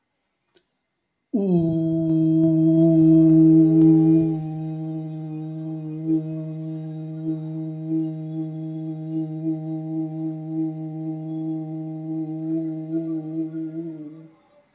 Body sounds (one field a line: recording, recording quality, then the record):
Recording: sustained vowel as in boot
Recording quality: excellent, no background noise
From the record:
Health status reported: COVID-19 positive, mild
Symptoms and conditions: cough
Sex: male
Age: 26 years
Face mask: not worn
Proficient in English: yes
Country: India